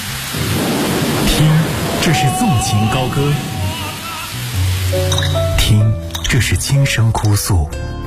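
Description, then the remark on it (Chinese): Water pours steadily from a tap in a loud, hissing rush, joined by bright plinking drips and ringing tones that grow more prominent toward the end. “随手关上水龙头，节约从身边小事做起。”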